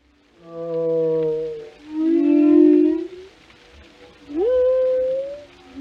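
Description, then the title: Whale song units: a long harmonic moan, a lower groaning tone, then a sharp upsweep that levels into a steady held note, each separated by brief quiet. "Journey to the Depths: Discovering the World of Whales"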